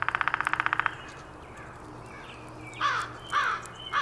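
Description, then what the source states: Downy woodpecker drumming: one quick roll of rapid taps opens the moment, followed by a few sharp chirps from another bird. Recorded 19 April 2019.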